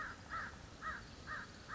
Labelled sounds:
American Crow
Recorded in Sonoma County, California

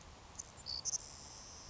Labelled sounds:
Savannah Sparrow
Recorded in Sonoma County, California

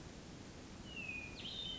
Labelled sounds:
Hermit Thrush
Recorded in Sonoma County, California

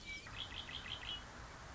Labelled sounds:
Red-winged Blackbird
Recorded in Sonoma County, California

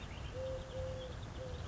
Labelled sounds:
Eurasian Collared Dove
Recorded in Sonoma County, California

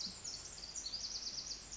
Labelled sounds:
Bewick's Wren
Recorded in Sonoma County, California

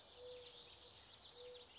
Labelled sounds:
Mourning Dove
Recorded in Sonoma County, California

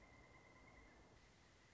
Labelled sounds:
Pileated Woodpecker
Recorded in Sonoma County, California

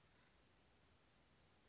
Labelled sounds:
Western Flycatcher
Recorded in Sonoma County, California

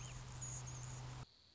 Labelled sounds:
Anna's Hummingbird
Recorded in Sonoma County, California

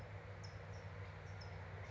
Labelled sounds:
California Towhee
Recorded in Sonoma County, California

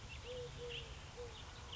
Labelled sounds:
Eurasian Collared Dove
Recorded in Sonoma County, California

